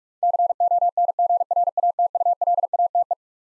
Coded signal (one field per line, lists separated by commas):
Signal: Morse code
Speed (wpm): 42 wpm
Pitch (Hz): 700 Hz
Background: none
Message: CONGRATULATE